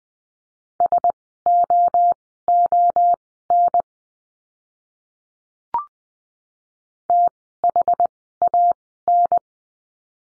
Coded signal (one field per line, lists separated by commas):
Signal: Morse code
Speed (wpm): 20 wpm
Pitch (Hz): 700 Hz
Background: none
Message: SOON THAN